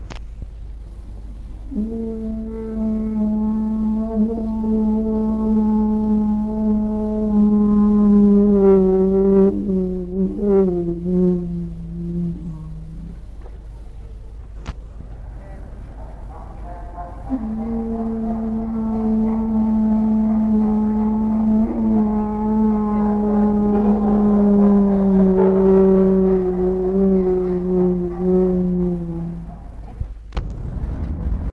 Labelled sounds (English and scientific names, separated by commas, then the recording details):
Northern Elephant Seal (Mirounga angustirostris) howling
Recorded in captivity
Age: adult
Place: Zoo Berlin, Berlin, DE
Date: 1961-03-25 17:30
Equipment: Minifon, Kopie Smaragd
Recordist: Tembrock, Günter
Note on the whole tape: Nördlicher See-Elefant: Heulen, dabei Untertauchen. Abstand ca 8 m